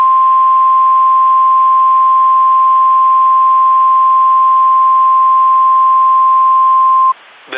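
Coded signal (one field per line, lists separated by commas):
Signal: Emergency Alert System (SAME) tones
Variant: 1050 Hz attention tone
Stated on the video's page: Reenactment mock of a real tornado warning, simulated with valid EAS tones.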